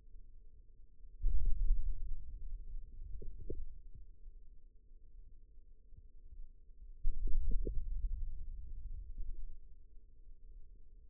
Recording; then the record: forearm muscle sounds (acoustic myography)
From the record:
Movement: hand opening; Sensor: system 2, bracelet of six BSWA MPA416 microphones around the upper forearm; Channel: 3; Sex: male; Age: 22 years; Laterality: right